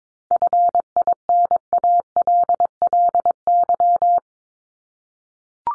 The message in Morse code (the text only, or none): FINALLY